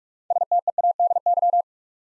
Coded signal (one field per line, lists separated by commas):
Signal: Morse code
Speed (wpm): 44 wpm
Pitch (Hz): 700 Hz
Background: none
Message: STEADY